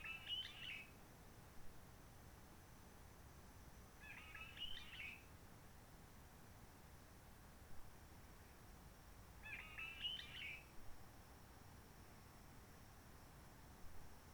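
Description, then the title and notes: Réunion bulbul song: three brief warbled phrases spaced several seconds apart, with low steady background noise between them. Roche Merveilleuse, Réunion; forest quiet since the 19 March 2020 lockdown, no hikers, microlights or helicopters; sunny blue sky; birds not very active; song simpler, short phrases, adapted to past aircraft noise. "Roche Merveilleuse, Réunion - Merle de lîle de la Réunion. depuis le 19 mars 2020 c'est calme même quand il fait beau"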